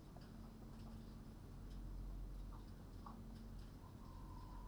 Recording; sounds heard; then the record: poultry house recording; healthy chickens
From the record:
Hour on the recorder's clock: 20